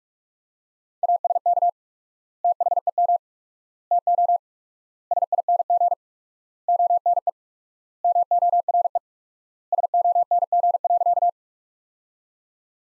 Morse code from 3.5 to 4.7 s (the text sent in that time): TO